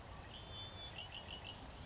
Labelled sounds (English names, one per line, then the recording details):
Red-winged Blackbird
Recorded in Sonoma County, California